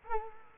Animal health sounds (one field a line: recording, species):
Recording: mosquito wingbeat signal from an infrared sensor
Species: Culex quinquefasciatus